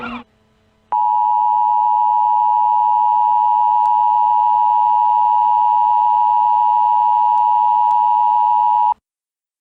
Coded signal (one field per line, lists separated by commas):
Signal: Emergency Alert System (SAME) tones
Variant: 853 and 960 Hz attention tone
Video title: Twisted Metal 1 : an EAS Scenario